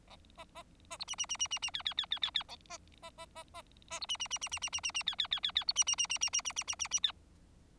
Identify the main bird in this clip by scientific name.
Lonchura striata domestica